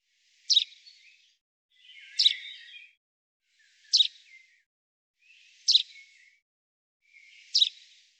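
Common chaffinch call notes: five brief, bright, sharp notes repeated roughly every one and a half to two seconds, some trailing off into a soft buzzy smear.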